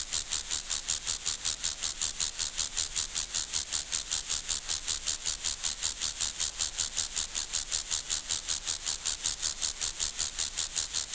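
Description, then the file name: Grasshopper giving a long, metronomic series of dry, high-pitched scraping rasps, about two to three each second, constant in loudness. "Chorthippus"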